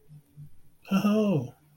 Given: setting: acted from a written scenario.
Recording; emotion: vocal sound without words; ecstasy